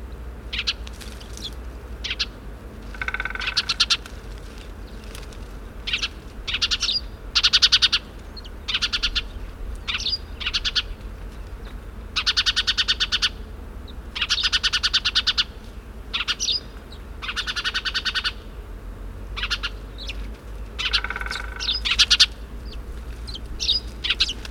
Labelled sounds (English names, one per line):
Spanish Sparrow call